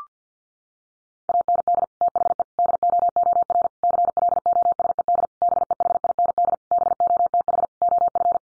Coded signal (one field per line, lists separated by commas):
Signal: Morse code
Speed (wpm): 50 wpm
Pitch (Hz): 700 Hz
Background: none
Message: AND THE DOOR CLOSED BEHIND BOTH OF